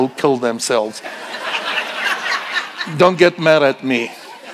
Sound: audience laughing